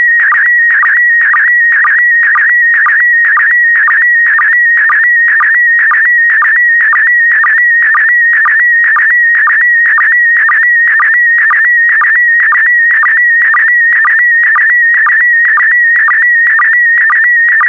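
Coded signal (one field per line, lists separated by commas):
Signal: SSTV (slow-scan television)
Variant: PD120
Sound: warbling whistle around 2 kHz with a short low click twice a second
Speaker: transmission complete you can now check your decoded image against the picture that is shown on the video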